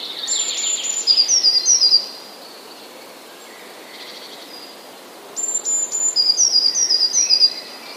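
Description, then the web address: Eurasian blue tit song given twice, each a few piercing high notes running into a quick twittering trill, with a quiet pause of about three seconds between. "wroblowe teka spiew. modraszkoteka"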